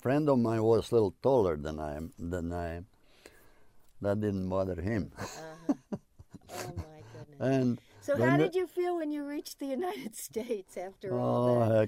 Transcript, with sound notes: And friend of mine was little taller than I am. That didn't bother him (he laughs)
Oh, my goodness. So how did you feel when you reached the United States after all that?